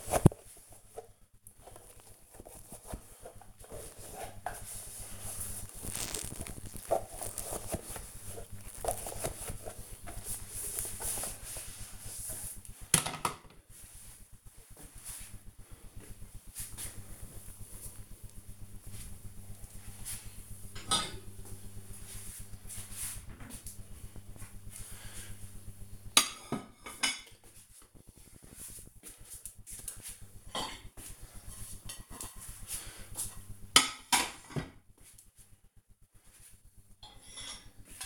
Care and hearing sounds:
household activities, microphone on the right wrist
0.00-38.05 s: cleaning out the dishwasher

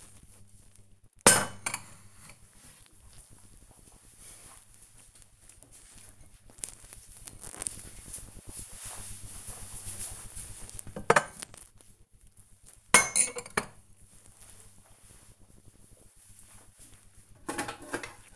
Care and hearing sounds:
household activities, microphone on the right wrist
0.00-18.36 s: cleaning out the dishwasher

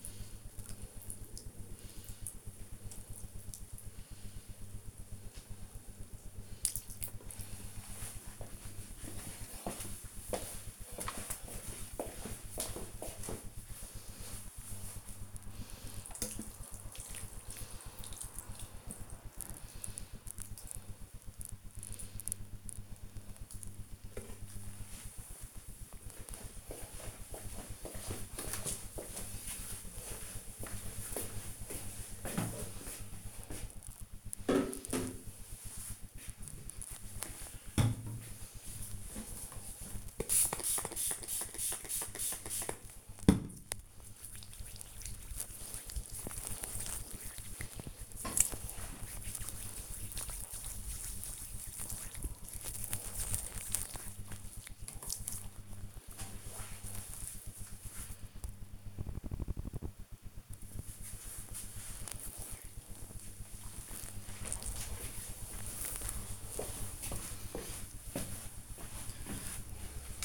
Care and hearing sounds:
household activities, microphone on the right wrist
0.00-24.58 s: watering plant
38.65-54.71 s: disinfecting hands

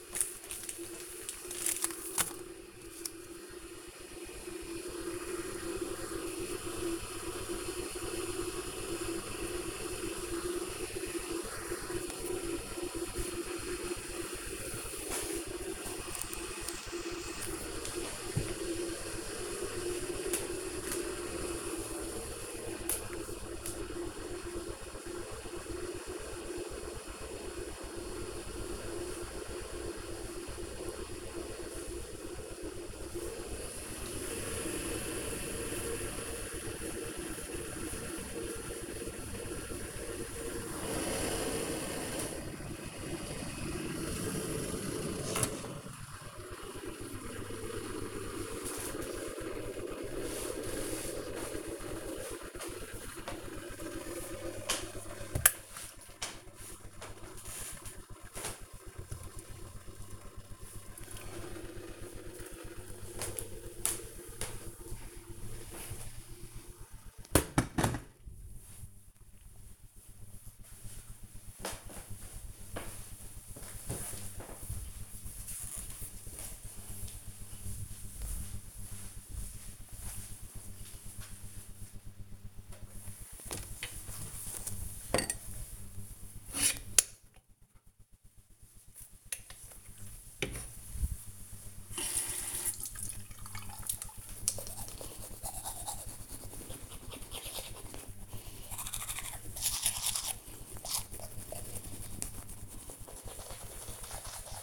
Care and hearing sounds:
household activities, microphone on the right wrist
0.00-67.74 s: making tea
81.84-104.63 s: brushing teeth

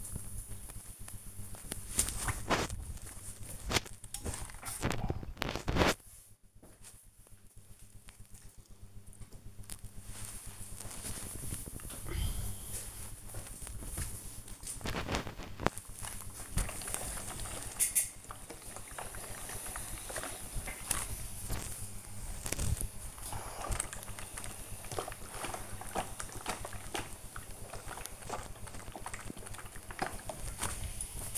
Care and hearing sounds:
household activities, microphone on the right wrist
0.00-6.14 s: folding laundry
9.15-31.38 s: ironing laundry

